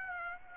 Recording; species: mosquito wingbeat signal from an infrared sensor; Aedes aegypti